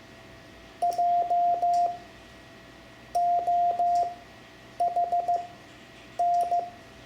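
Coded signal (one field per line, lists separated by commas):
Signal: Morse code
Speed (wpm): 15 wpm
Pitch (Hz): 700 Hz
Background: none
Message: JOHN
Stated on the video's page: Morse lesson teaching letters X to Z for amateur radio learners, self-taught method.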